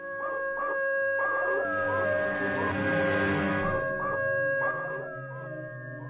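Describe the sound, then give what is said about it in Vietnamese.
A dog, standing with its head raised, howls in long, wavering, mournful cries that rise and fall in pitch, swelling louder in the middle before tapering off, with no talking. “Nó ngửa cổ lên mà tru lên từng tiếng ai oán.”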